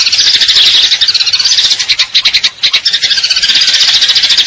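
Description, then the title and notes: Eurasian tree sparrow chirping in dense, high, rapid bursts, broken by short pauses near the middle, with no other sounds standing out. Fighting-type song with long trills and clear voice, used as a masteran tutor recording for contest birds. "GEREJA TARUNG NEMBAK PANJANG SUARA JERNIH MASTERAN WAJIB BURUNG LOMBA. Burung Gereja"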